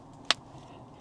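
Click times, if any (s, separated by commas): 0.3 s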